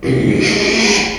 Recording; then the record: squeal of a Yucatan mini pig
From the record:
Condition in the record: after surgery on the right vocal fold (resection and tissue-engineered implant); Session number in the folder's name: 2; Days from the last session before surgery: 13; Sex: male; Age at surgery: 12 weeks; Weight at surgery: 13 kg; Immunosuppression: cyclosporine, prednisolone